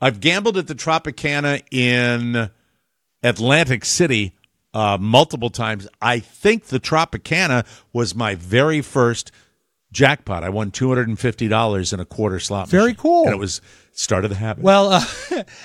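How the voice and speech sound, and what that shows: A man speaks fluently in a clear, moderately low voice with natural pitch movement and brief pauses between phrases. Typical adult speech with no stuttering, slurring or voice disturbance.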